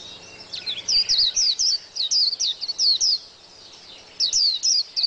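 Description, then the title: White-eye singing high, sweet twittering phrases in fast bursts, pausing briefly near the end before resuming with more bright chirps. "Pleci. Burung"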